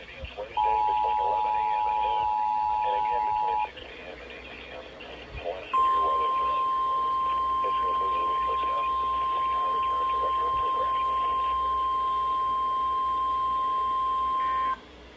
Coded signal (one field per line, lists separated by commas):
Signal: Emergency Alert System (SAME) tones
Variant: 853 and 960 Hz attention tone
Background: speech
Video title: MARGINAL INSANITY 3: KEY WEST CHAOS - EAS Alerts From 9/24/23 - 9/27/23 (EAS #963-988)